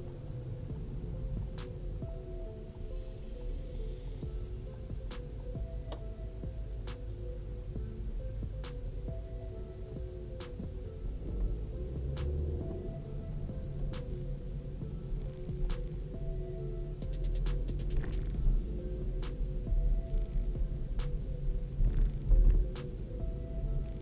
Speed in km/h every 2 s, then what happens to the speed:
11, 8, 12, 11, 11, 9, 17, 20, 16, 21, 18, 22.
0-10 steady at about 11. 10-13 speeds up to 20. 13-24 steady at about 20.